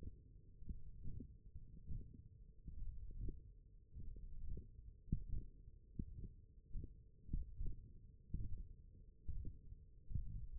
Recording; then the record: forearm muscle sounds (acoustic myography)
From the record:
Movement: index flexion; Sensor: system 1, eight BSWA MPA416 microphones around the upper forearm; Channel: 1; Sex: male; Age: 21 years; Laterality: right